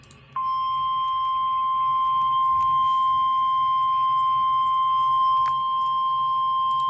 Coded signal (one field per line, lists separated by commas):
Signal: Emergency Alert System (SAME) tones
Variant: 1050 Hz attention tone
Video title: EAS 6840-6921 - My last EAS Comp before Rebrand and 2025